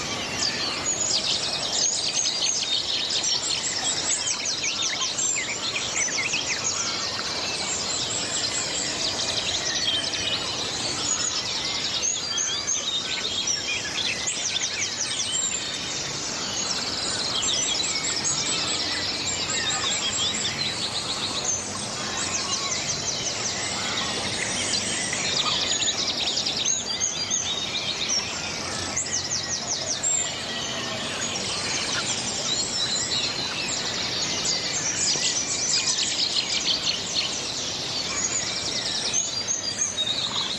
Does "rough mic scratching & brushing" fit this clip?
no